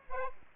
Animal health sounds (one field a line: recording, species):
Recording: mosquito wingbeat signal from an infrared sensor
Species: Aedes aegypti